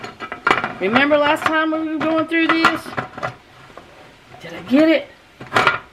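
A metal pressure canner lid is twisted onto the canner pot while someone talks, with only metallic pot-and-lid clunks and clinks heard, including sharper knocks near the end. The lid fails to lock on because the alignment mark can't be found, and nothing has seated or clicked yet.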